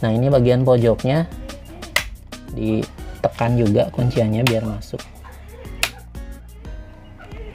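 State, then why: Seated. A plastic screen bezel on an HP 14-am503TU laptop is pressed at the corner and near the hinges so its clips lock into the screen housing during an LCD replacement, with music playing and someone talking. Soft taps and presses lead to a sharp click at 5.8 s as the bezel clip snaps in and seats.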